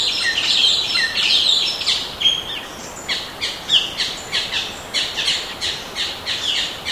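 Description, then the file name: Bird calls, high thin chirps, a busy tangle at the start, then short bright notes repeated in a steady series over light background noise. "SABIOD 50 bird 2015"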